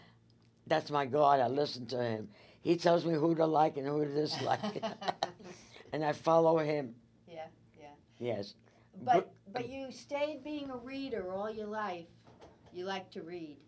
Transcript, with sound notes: Yea.
That's my god - I listen to him. He tells me who to like and who to dislike. (Both laughing) and I follow him.
But you stayed being a reader all your life - you liked to read.